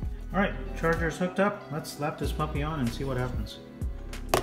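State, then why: Seated. A MagSafe magnetic charging puck is placed on the back of an iPhone 13 Pro Max while someone talks. It snaps into place with a sharp click at 4.3 s, right after a softer tap, confirming the magnetic charger has seated on the phone.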